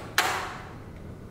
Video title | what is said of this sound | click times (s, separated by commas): NAVI Tutorial: General Introduction - Wisonic Medical | after you hear a click the pro is locked | 0.2 s